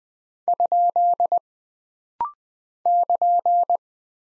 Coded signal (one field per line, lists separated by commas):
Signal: Morse code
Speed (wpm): 20 wpm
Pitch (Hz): 700 Hz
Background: none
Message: ? <KN>